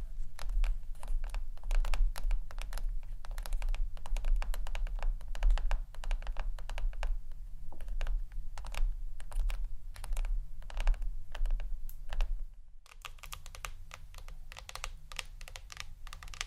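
Rapid tapping on hard surfaces, with sharp, dense clicks coming in quick irregular bursts like keyboard typing. A low steady rumble sits underneath throughout. Near the thirteen-second mark everything briefly cuts out, then the tapping resumes slightly quieter.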